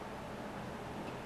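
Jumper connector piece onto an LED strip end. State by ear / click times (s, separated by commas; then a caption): not seated / none. A small plastic jumper connector that links Bitfenix Alchemy LED strip segments is being pushed onto one end of an LED strip; it is a little hard to snap in, which makes sure it holds. Only a steady, even hiss is heard throughout, with no distinct clicks. Nothing has seated or clicked yet.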